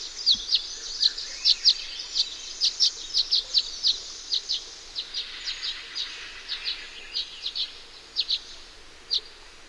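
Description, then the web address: Violet-green swallow giving high, sharp chip notes in loose series, bunched early then spaced out, over quiet background hiss. "Songs of Birds of North America Know Your Bird Sounds Common Western Species 44-Violet-green Swallow"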